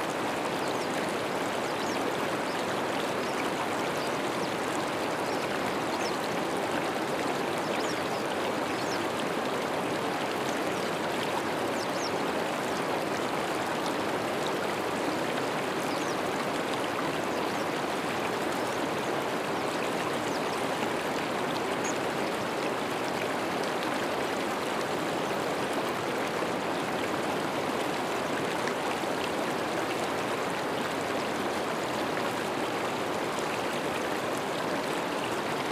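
A river flows in a steady, dense rush of water, unchanging throughout, with bright splashing and gurgling spread across the whole sound.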